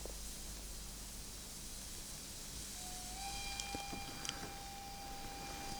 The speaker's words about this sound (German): Hörst du den Bahnhof? Könntest du dann ohne den Bahnhof einschlafen?